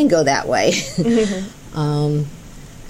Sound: laughs

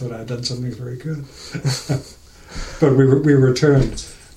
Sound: laughs

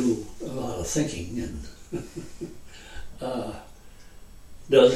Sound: laughter

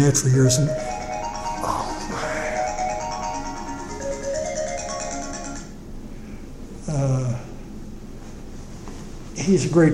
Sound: Phone Rings

